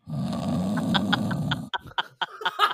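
A woman imitates a loud, low snore of a partner who snores all night, followed by short breathy sounds.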